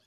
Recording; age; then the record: pig call; piglet (1 to 25 days)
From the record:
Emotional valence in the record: positive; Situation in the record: short reunion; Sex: male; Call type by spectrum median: high-frequency call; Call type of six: low-frequency tonal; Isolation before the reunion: 3 minutes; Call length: 0.06 s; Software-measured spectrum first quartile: 822 Hz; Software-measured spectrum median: 3038 Hz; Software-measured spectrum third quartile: 4516 Hz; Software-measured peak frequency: 3400 Hz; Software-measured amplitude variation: 9 dB a second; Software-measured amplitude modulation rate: 7.8 a second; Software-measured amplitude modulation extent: 1.1 dB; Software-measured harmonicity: 2.2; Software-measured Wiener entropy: -1.19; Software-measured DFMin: 476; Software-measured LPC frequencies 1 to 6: 617, 1611, 2808, 3363, 4386, 5014 Hz